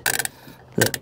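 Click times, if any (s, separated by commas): 0.1 s, 0.2 s, 0.9 s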